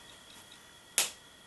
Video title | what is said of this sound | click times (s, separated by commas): Fun Technique with Blendabilities | caps back on the blendabilities till you hear this little click | 1.0 s